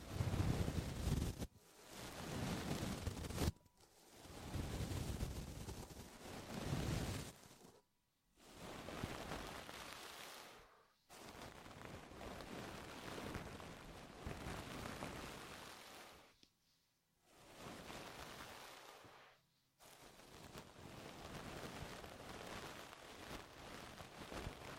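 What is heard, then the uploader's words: A deep ear massage of rubbing, rustling friction, thick with low rumble and hiss, like rain or wind. It comes in long passes lasting a few seconds each, broken by brief silences at about 1.5, 3.5, 8, 11, 17 and 20 seconds. ASMR Sleep With Deep Ear Massage (No Talking).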